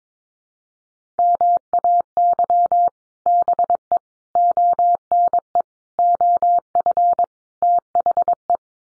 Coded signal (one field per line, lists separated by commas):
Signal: Morse code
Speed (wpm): 22 wpm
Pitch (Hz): 700 Hz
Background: none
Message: MAY BE ONE OF THE